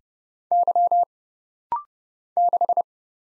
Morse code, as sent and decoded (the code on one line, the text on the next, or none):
-.-- / -....
Y 6